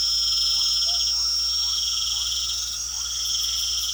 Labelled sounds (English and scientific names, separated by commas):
none